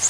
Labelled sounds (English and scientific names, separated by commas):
Bay-breasted Warbler (Setophaga castanea) flight call